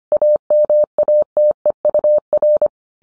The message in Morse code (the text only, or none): AMATEUR